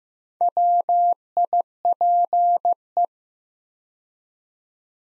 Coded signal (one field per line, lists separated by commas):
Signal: Morse code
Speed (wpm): 15 wpm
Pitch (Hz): 700 Hz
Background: none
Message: WIPE